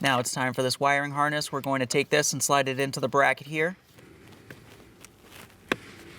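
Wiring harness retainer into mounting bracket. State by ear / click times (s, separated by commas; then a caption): seated / 5.7 s. Someone talks, then a wiring harness retainer is slid and pressed into its mounting bracket during replacement of the right main temperature HVAC blend door actuator on a 2007-2013 Acura MDX. Faint handling ticks follow, and a sharp click at 5.7 s marks the retainer snapping seated in the bracket.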